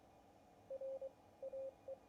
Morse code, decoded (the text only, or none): R AE